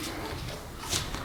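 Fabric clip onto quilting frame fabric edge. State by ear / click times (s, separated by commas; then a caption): seated / 1.1 s. After trimming the thread, a quilter puts a fabric clip back onto the fabric edge on a longarm quilting frame. Over a low, steady shuffling background, a single small snap is heard at 1.2 s as the clip seats on the edge.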